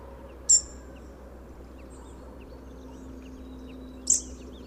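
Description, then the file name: European robin calling twice, short sharp high thin notes about three and a half seconds apart, with low steady background hum between. "Erithacus rubecula"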